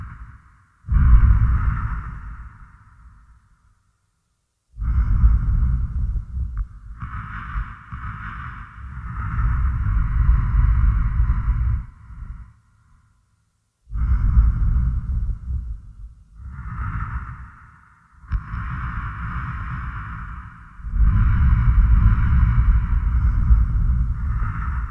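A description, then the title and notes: Breathing into a de-pitcher gives long, deep, rumbling whooshes with a hollow buzzy tone, separated by short silent pauses roughly every few seconds. Breathing into a de-pitcher.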